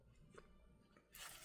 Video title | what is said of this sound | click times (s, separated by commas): HX Outdoors Mini Survival Hatchet | And then you can hear it engage. | 0.4 s